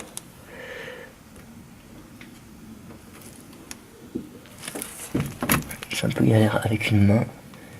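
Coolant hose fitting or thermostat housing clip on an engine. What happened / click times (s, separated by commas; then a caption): Handled, not yet home: plastic coolant fitting not yet clipped in / none. During refitting of the thermostat and coolant housing on a Volkswagen Golf MK2 engine, a plastic coolant hose fitting or thermostat housing clip is handled and pushed toward its seat, with a few light knocks and taps while someone talks. The part has not clipped in or seated yet.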